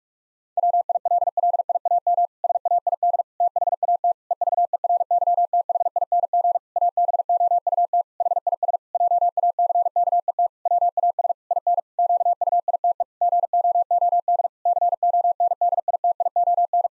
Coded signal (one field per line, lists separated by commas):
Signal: Morse code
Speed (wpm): 44 wpm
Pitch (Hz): 700 Hz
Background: none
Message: WILLIAM SAID THAT EVERYTHING ABOUT HIS JACKET WAS IN QUITE GOOD CONDITION